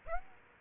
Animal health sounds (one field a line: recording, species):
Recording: mosquito wingbeat signal from an infrared sensor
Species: Aedes aegypti